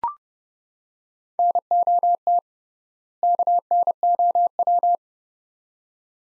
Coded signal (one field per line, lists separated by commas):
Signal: Morse code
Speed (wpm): 29 wpm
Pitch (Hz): 700 Hz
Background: none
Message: NOT KNOW